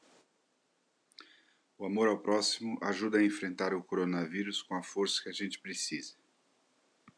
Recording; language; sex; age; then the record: spoken sentence; Brazilian Portuguese; male; 60 to 69 years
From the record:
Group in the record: control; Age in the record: 63 years